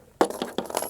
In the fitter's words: it has a little dot on it that you line up and you just push it till it clicks and then it's in there